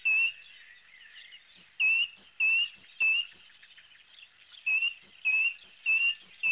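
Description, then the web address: Bird song: bursts of bright, high chirped notes repeated in quick runs, with a short quieter pause between phrases. "animali uccelli uccelli birds"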